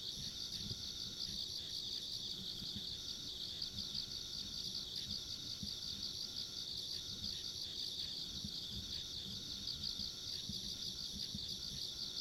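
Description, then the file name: Insect chorus of continuous high, pulsing trills layered with a faint higher-pitched whine, running unbroken throughout, with soft low rumbling underneath. Ambient insect sounds recorded along a country road. "田舎道の虫の環境音"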